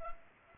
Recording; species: mosquito wingbeat signal from an infrared sensor; Culex pipiens